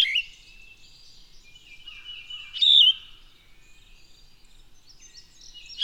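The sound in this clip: Bird song, high thin whistled phrases with a sweeping note and sustained tones, one louder burst mid-way, over faint background hiss.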